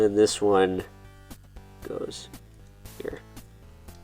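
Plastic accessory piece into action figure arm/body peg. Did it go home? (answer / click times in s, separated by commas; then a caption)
partly / 3.1 s. Someone talks over background music as a plastic accessory piece is pressed onto the arm/body peg of a Mattel Masterverse New Eternia Anti-Eternia He-Man action figure. After a few quiet handling taps, a sharp, short click sounds at 3.1 s. The piece only half clicks into place, and it is then moved to a different spot.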